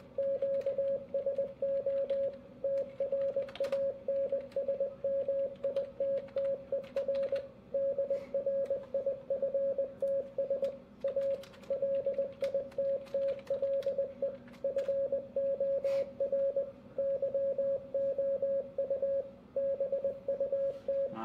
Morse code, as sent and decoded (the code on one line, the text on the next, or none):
--.- ... --- / - .-. .- -. ... -- .. - - . .-. / -.. .-. .. ..-. - ... / .- / .-.. .. - - .-.. . / ..-. --- .-. / -.-- --- ..- / -... ..- -
QSO TRANSMITTER DRIFTS A LITTLE FOR YOU BUT